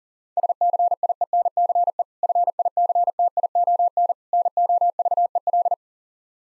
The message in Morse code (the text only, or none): SCIENCE FICTION NOVEL